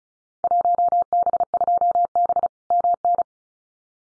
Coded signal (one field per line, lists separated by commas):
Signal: Morse code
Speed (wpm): 34 wpm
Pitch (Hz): 700 Hz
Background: none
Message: 1B2B MN